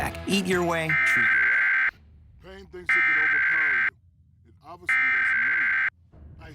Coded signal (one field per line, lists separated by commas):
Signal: Emergency Alert System (SAME) tones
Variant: header bursts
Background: speech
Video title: National Periodic EAS Test - San Antonio Stations, 8/7/2019